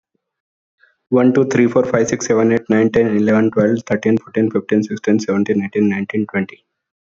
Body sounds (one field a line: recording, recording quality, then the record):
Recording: counting at a fast pace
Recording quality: excellent, no background noise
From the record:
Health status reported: healthy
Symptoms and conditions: none ticked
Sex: male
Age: 32 years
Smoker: not ticked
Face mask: not worn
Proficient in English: yes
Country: India